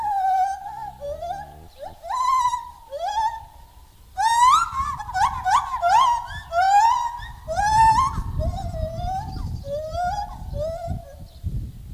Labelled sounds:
Lar Gibbon call
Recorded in captivity
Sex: male
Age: adult
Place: Zoo Berlin, Berlin, DE
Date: 2000-12-12 13:30
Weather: bedeckt, 12°C
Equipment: Nagra SN, Kopie Uher 4000 Report Monitor
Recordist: Tembrock, Günter

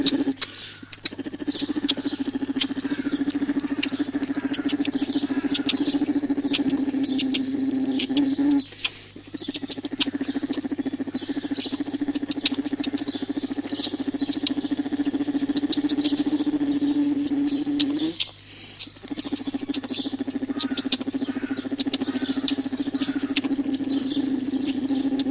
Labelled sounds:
Polar Bear call
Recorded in captivity
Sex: male
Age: juvenile
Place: Zoo Berlin, Berlin, DE
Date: 2007-06-09 15:40
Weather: sunny, ca. 30°C
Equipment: Sony WM-D6C, Sennheiser ME 80, Kopie Uher 4000 Report Monitor
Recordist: Tembrock, Günter

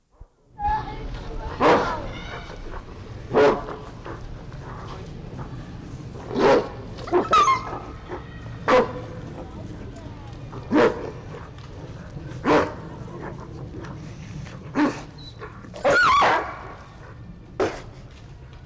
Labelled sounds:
Gray Wolf
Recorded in captivity
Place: Tiergarten Nürnberg, Bayern, DE
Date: 1995-09-08 11:40
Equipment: Nagra SN, Sennheiser ME 80, Kopie Uher 4000 Report Monitor
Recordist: Tembrock, Günter

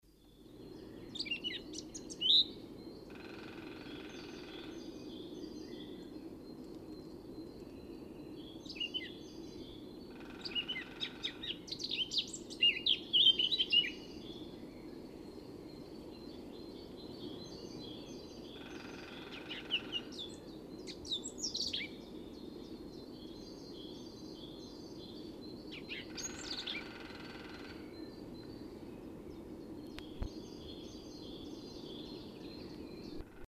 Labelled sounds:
Eurasian Blackcap song
Great Spotted Woodpecker
Great Tit
Common Chiffchaff
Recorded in the wild
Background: Dendrocopos major, Parus major, Phylloscopus collybita
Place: Baden-Baden, Baden-Württemberg, DE
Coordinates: 48.7656, 8.2287
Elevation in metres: 176
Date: 1976-04-22
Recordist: Tretzel, Erwin
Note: Baden-Baden: Gesang

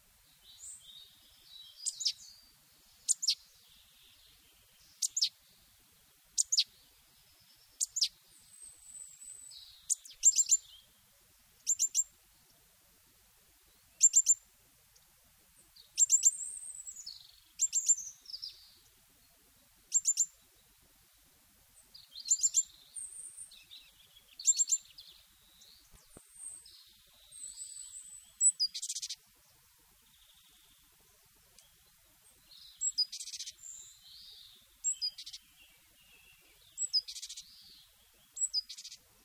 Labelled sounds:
Great Tit song
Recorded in the wild
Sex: male
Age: adult
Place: Erlangen, Bayern, DE
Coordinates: 49.6028, 10.9581
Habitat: alder crop
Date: 1965-04-28
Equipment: Vollspur
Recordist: Tretzel, Erwin

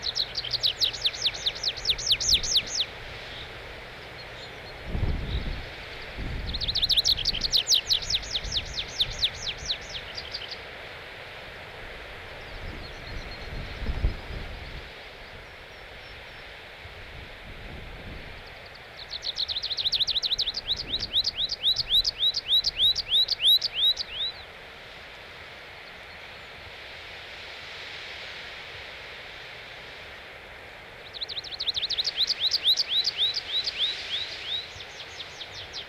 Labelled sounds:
Tree Pipit song
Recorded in the wild
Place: Bruchberg, Niedersachsen, DE
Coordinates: 51.78, 10.52
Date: 1986-06-15
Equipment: Sony WM-D6C, Parabolscheibe
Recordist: Skiba, Reinald

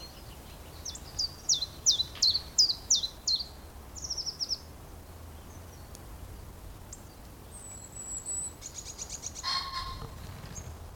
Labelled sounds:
Common Chiffchaff
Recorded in the wild
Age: adult
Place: Mühlenbeck, am Tegeler Fließ, Brandenburg, DE
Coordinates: 52.6, 13.282
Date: 1992-04-11 11:35
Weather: heiter, 14°C, Wind
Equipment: Nagra SN, Mikrofon AKG CK 8, Kopie Tesla B 116
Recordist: Tembrock, Günter

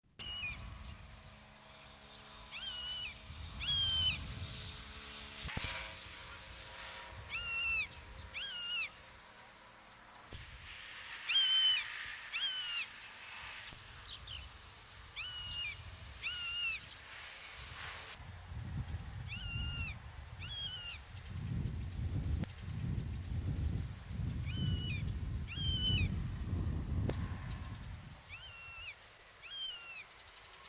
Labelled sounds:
Common Buzzard flight call
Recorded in the wild
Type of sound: flight call
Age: adult
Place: Bucher Wald, Berlin, DE
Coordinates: 52.6403, 13.4667
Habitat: open country
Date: 1983-08-07 11:28
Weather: böiger Wind, westlich, sonnig, 22°C
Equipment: Nagra SN, Sennheiser MKH 416T (Automatik), Kopie Uher 4000 Report Monitor
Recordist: Tembrock, Günter
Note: Flugrufe am Bucher Wald

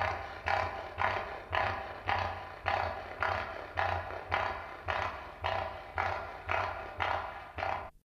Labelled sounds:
Northern Cassowary call
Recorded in captivity
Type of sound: call
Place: Zoo London, GB
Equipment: Halbspur, 9,5 cm/s
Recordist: Lütgens, Hans
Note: Erregung

